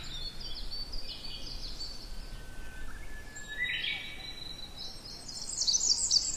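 Tree pipit singing in fainter bursts of high repeated notes, with a brighter, rapid trill at the end over steady background hiss.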